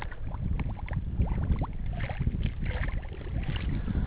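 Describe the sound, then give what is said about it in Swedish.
Water gurgles and splashes steadily into a small bottle, a continuous bubbling rush with quick rising glugs throughout, moderately loud and with no voices. “Det är bara man kunde få fylla på en lite mer.”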